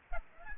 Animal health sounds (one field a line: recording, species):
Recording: mosquito wingbeat signal from an infrared sensor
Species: Aedes aegypti